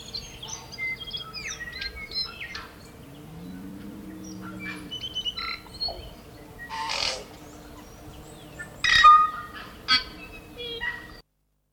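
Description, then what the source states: Tui song: a busy mix of sharp whistled notes, clicks and harsh wheezy bursts, with loud rasping phrases near the end over a low hum and a low rising sound. Morning chorus of tui, New Zealand native birds.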